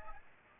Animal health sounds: mosquito wingbeat signal from an infrared sensor; Aedes aegypti

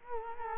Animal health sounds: mosquito wingbeat signal from an infrared sensor; Culex quinquefasciatus

